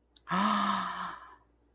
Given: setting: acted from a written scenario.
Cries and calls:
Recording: vocal sound without words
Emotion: awe

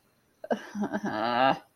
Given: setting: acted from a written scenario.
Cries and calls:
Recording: vocal sound without words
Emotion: shame

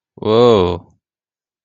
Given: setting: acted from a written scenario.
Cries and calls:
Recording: vocal sound without words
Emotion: elation

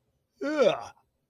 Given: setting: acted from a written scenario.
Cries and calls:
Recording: vocal sound without words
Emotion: disgust

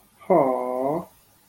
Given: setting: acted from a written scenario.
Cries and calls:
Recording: vocal sound without words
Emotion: sympathy

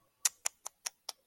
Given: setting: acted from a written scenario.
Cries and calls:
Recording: vocal sound without words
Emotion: shame

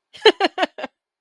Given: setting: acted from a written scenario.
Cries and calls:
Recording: vocal sound without words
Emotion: amusement

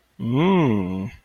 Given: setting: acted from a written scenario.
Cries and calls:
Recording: vocal sound without words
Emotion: desire

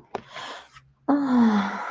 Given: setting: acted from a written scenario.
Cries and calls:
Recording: vocal sound without words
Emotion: serenity

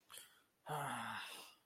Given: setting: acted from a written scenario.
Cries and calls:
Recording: vocal sound without words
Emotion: anger

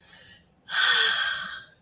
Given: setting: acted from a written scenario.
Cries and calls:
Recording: vocal sound without words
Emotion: elation

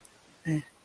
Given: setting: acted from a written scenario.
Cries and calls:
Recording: vocal sound without words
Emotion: neutral

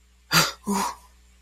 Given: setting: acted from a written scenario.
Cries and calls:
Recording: vocal sound without words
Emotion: negative surprise

